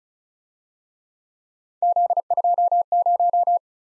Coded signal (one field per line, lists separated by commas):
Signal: Morse code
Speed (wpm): 42 wpm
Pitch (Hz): 700 Hz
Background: none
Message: Z20